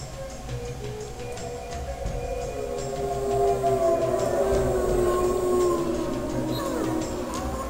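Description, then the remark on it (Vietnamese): A wolf king looking south lowers its head, then raises it and lets out a long, sustained howl that wavers and swells louder midway, its drawn-out tones gliding over a steady low rumble for several seconds. “Chỉ thấy đức vua của chúng chăm chú nhìn về phía nam, khe khẽ cúi đầu, rồi lại ngẩng lên, phát ra một tiếng gầm kinh thiên động địa.”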